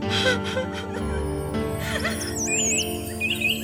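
small birds chirping

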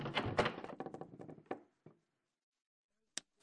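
door opening

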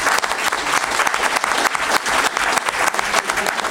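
audience applause

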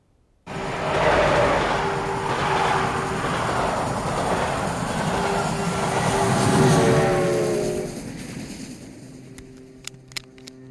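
train riding on rails

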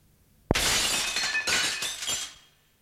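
window pane glass shattering

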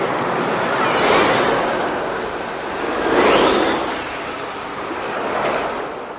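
stormy sea waves

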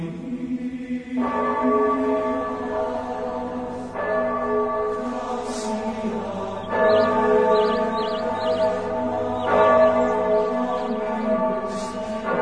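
church bells ringing

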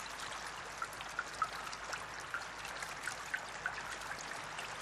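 steady rain falling

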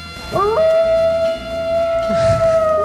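wolf howling

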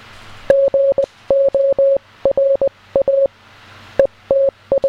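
morse code beeps

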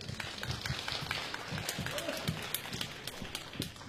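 audience applause welcoming performers

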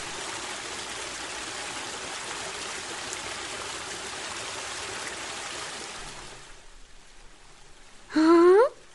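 rain falling

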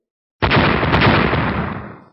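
repeated explosions

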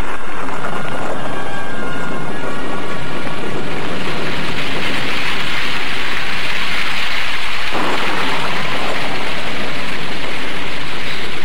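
heavy rain pouring down

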